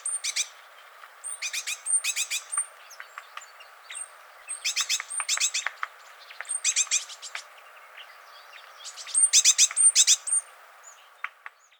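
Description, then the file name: Great tit calls: high thin notes and repeated rasping, buzzy chatters in several bursts, mixed with faint clicks. "Parus major"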